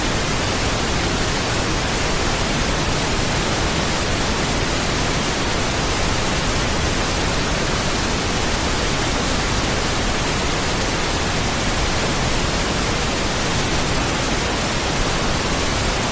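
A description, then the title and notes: Pink noise runs steady and unbroken for the whole clip, a dense, even hiss with a fuller, deeper body than bright static. Pink Noise.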